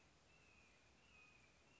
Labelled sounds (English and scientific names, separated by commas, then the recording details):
Red-shouldered Hawk (Buteo lineatus)
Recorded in Sonoma County, California